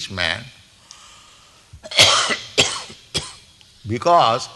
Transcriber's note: coughs